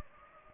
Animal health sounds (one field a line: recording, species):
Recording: mosquito wingbeat signal from an infrared sensor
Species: Anopheles gambiae